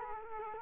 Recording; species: mosquito wingbeat signal from an infrared sensor; Culex quinquefasciatus